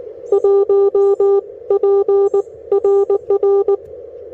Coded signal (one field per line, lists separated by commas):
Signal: Morse code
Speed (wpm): 21 wpm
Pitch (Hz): 400 Hz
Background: none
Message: 1 P RR